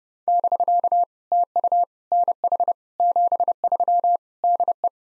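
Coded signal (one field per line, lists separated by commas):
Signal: Morse code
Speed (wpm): 30 wpm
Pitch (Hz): 700 Hz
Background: none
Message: <BK> TU NH 73 DE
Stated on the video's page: POTA exchange practice at 30 wpm, each exchange sent in Morse, then spoken, then sent again.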